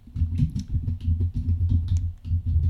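Steady typing on a computer keyboard, a quick irregular run of soft clacking keystrokes with a dull, thumpy low end and no voices.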